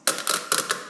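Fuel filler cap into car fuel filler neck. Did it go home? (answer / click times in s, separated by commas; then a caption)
yes / 0.1 s, 0.3 s, 0.5 s, 0.6 s, 0.7 s. A fuel filler cap on a Discovery Sport is pushed back into the car's fuel filler neck and turned firmly clockwise until its ratchet clutch clicks several times, confirming it is tightened. Sharp, bright clicks are heard at 0.1, 0.3, 0.3, 0.5, 0.6 and 0.7 seconds.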